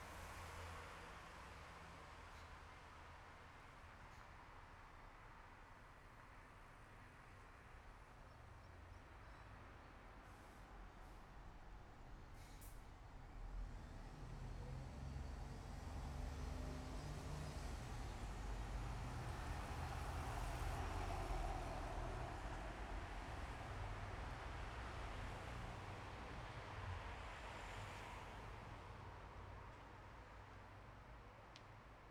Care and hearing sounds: everyday scene through a hearing-aid microphone; in traffic; traffic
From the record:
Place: bus stop on a city main road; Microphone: behind the ear, left, front

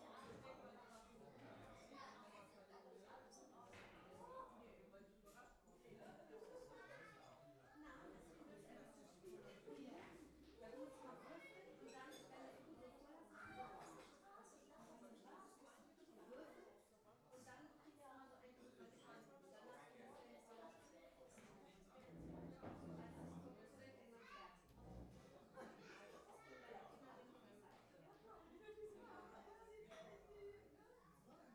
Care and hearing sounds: everyday scene through a hearing-aid microphone; many people talking; many voices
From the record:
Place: parish hall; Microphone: behind the ear, left, rear

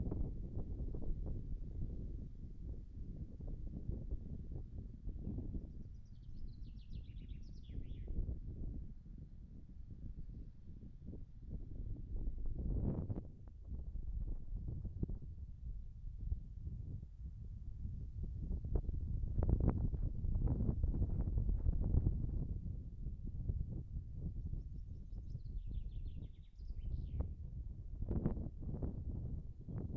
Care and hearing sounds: everyday scene through a hearing-aid microphone; wind on the microphone; wind, birds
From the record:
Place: in front of a rural house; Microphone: behind the ear, right, rear

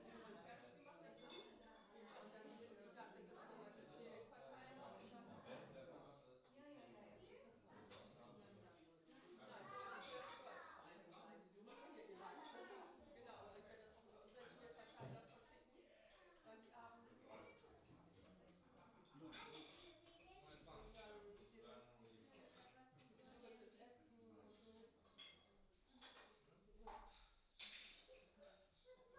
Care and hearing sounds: everyday scene through a hearing-aid microphone; many people talking; many voices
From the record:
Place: parish hall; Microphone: in the ear canal, left

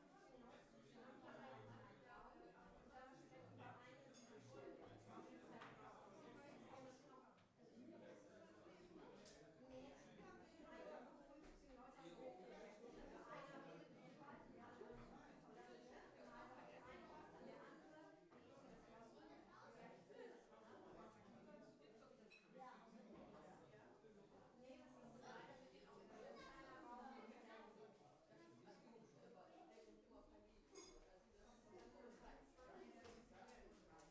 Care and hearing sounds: everyday scene through a hearing-aid microphone; many people talking; many voices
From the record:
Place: parish hall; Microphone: behind the ear, left, rear

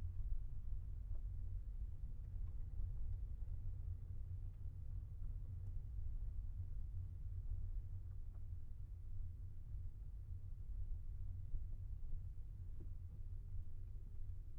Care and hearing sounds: everyday scene through a hearing-aid microphone; in a vehicle; engine, rumble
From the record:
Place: Skoda Fabia, gasoline engine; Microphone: behind the ear, left, front

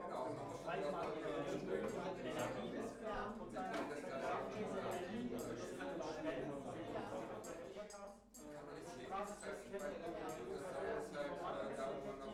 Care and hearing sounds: everyday scene through a hearing-aid microphone; many people talking; many voices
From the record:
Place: bistro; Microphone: behind the ear, left, front

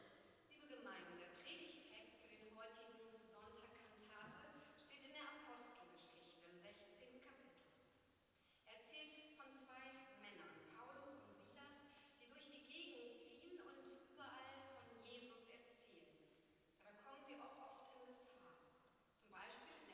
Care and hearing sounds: everyday scene through a hearing-aid microphone; reverberant space; speech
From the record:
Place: church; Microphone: in the ear canal, right

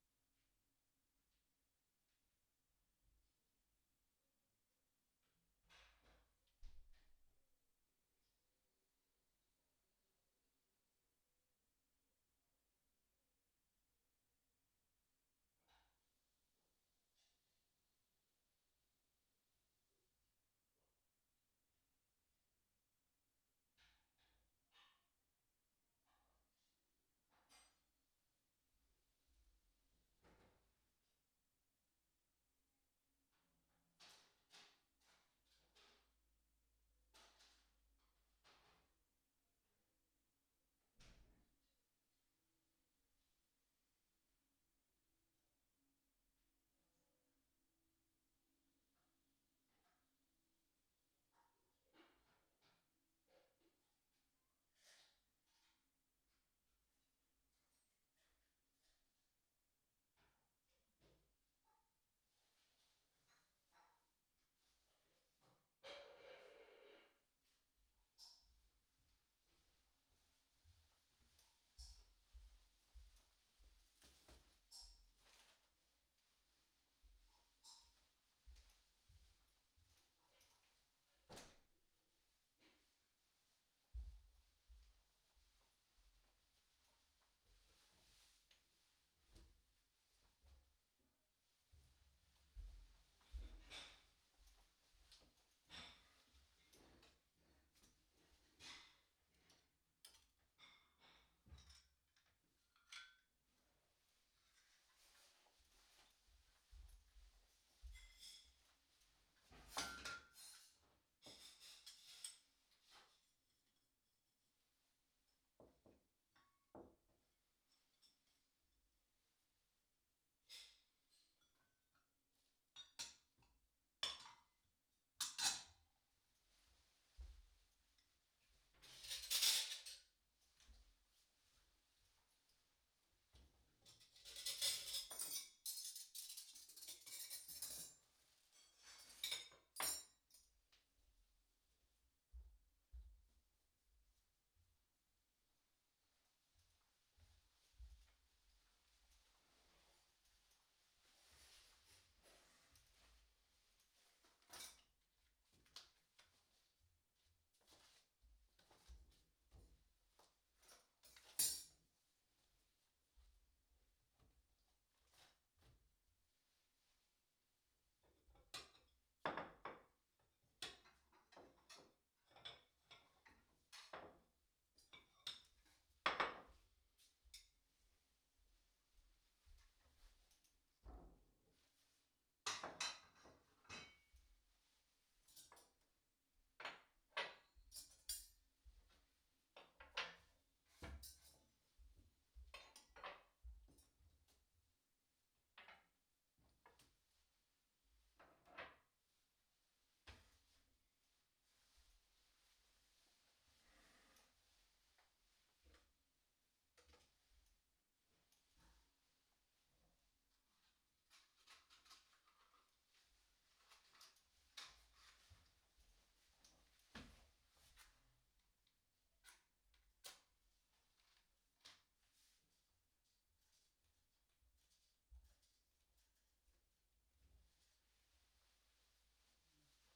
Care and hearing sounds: everyday scene through a hearing-aid microphone; quiet indoors; quiet, clatter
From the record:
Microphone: in the ear canal, right

